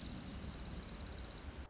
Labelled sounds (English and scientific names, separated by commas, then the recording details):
Orange-crowned Warbler (Leiothlypis celata)
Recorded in Sonoma County, California